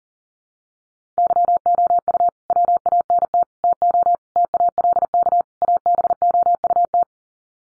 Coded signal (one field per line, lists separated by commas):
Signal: Morse code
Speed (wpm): 38 wpm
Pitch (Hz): 700 Hz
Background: none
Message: YOU WANT TO TALK ABOUT